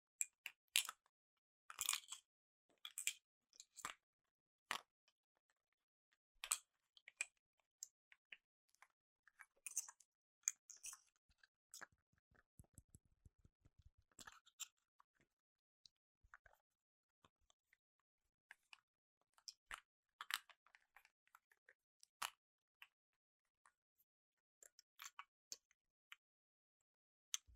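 Tapping on devices, keyboards, product boxes and cases: sharp, bright clicks and taps arrive irregularly, sometimes in quick clusters, with short silent gaps between. Around fourteen seconds a brief run of rapid, evenly spaced light ticks appears, and the taps continue sporadically to the end.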